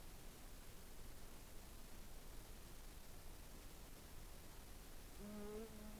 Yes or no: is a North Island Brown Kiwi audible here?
no